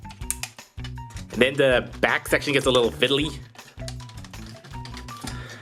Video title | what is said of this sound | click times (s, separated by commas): Jurassic Cops Month - Jetsaurus - 쥬라기캅스3 제트사우르스 영어 리뷰 | nice click there. | 0.3 s